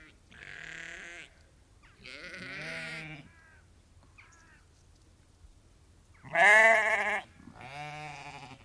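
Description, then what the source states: Lamb bleating repeatedly, four wavering bleats, the third loudest, with faint background sounds in the pauses. Lamb bleating on its own, loud bleats.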